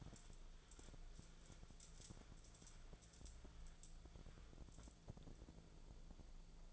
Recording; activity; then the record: daily activity, microphone in the room; wipe stove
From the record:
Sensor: 5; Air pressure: 1000.6 hPa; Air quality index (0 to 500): 158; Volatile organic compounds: 2 ppm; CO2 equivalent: 1216 ppm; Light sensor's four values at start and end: 47/100/46/51 and 47/100/46/51